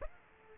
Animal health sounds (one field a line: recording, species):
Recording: mosquito wingbeat signal from an infrared sensor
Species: Aedes aegypti